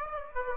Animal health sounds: mosquito wingbeat signal from an infrared sensor; Aedes aegypti

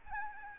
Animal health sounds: mosquito wingbeat signal from an infrared sensor; Aedes albopictus

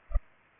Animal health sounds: mosquito wingbeat signal from an infrared sensor; Culex pipiens

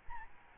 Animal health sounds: mosquito wingbeat signal from an infrared sensor; Aedes albopictus

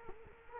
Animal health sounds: mosquito wingbeat signal from an infrared sensor; Culex quinquefasciatus

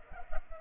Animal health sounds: mosquito wingbeat signal from an infrared sensor; Culex pipiens

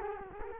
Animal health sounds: mosquito wingbeat signal from an infrared sensor; Culex quinquefasciatus

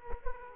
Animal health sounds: mosquito wingbeat signal from an infrared sensor; Culex quinquefasciatus

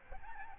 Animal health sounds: mosquito wingbeat signal from an infrared sensor; Aedes albopictus

